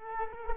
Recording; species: mosquito wingbeat signal from an infrared sensor; Culex quinquefasciatus